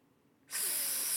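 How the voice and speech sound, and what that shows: Lateral lisp in an adult speaker: after a brief silence, a sustained, hissy high-frequency sibilant begins, with air escaping over the sides of the tongue on an /s/-type sound.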